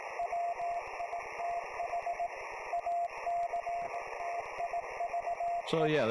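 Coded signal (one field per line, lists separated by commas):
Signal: Morse code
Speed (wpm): 18 wpm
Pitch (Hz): 690 Hz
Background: speech, radio noise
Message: WITH ACTIVE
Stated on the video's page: Live HF reception of a QST bulletin on an FTDX-10.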